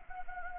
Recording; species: mosquito wingbeat signal from an infrared sensor; Anopheles gambiae